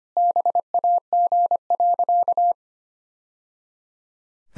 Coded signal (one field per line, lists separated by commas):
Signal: Morse code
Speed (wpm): 25 wpm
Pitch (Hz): 700 Hz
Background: none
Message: BAG.